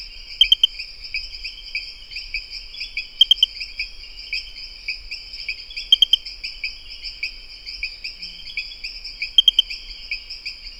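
Pristimantis espedeus: a short burst of a few sharp high notes, repeated every few seconds over a continuous high-pitched background chorus.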